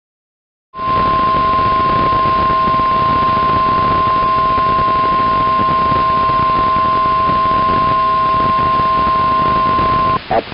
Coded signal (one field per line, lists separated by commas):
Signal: Emergency Alert System (SAME) tones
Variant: 1050 Hz attention tone